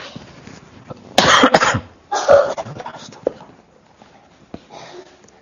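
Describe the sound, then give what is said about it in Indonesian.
A burst of harsh, raspy coughing comes in two strong bouts close together, followed by a softer, shorter cough near the end, with quiet breathing between and no talking. “Afwan, ini agak terganggu sedikit batuknya.”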